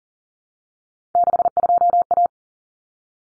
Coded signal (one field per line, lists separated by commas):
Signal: Morse code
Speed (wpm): 40 wpm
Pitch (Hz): 700 Hz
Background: none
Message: 62A